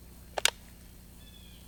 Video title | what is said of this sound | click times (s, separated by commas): HUNTING SEASON PREP WORK antler grow and spypoint trail cameras! | It just snaps right in place. | 0.4 s, 0.5 s